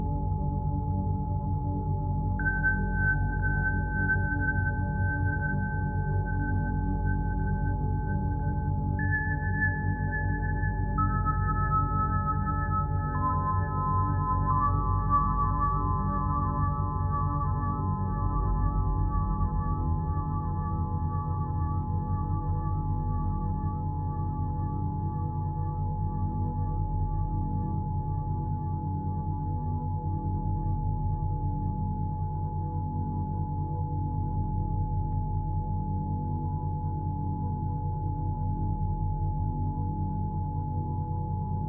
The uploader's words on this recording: Sleep Inducing Tones - Solfeggio 852Hz Tones.